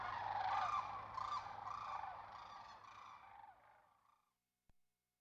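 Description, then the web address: Sandhill crane calls, a burst of rolling, trumpeted notes pulsing about three times a second, fading away to quiet with one soft click at the end. Western North America. "Dan Gibson Wildlife Identification By Sound, Western North America. Sandhill Crane"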